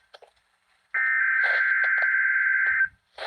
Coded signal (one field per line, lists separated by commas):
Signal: Emergency Alert System (SAME) tones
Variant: header bursts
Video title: EAS #21 - Required Weekly Test Tornado Drill on KIH-29